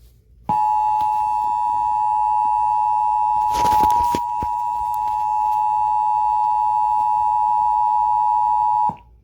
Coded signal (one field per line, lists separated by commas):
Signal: Emergency Alert System (SAME) tones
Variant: 853 and 960 Hz attention tone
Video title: National Emergency Alert System November 9, 2011.mp4